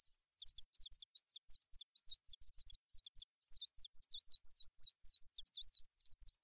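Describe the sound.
Bird singing a fast, continuous run of very high, thin warbled notes that sweep up and down in quick loops, with barely a pause throughout.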